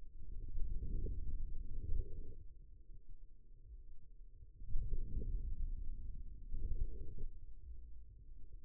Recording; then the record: forearm muscle sounds (acoustic myography)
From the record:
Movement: outward rotation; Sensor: system 2, bracelet of six BSWA MPA416 microphones around the upper forearm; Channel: 3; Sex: male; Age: 22 years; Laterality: right